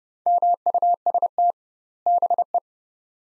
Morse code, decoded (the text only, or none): MUST BE